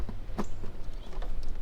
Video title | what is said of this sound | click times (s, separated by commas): Tyger Tail Light Armor | So you hear a click like that. | 0.4 s